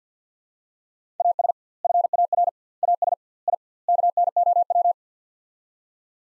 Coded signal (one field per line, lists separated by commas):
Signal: Morse code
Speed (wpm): 48 wpm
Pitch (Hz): 700 Hz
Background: none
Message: AS FAR AS I KNOW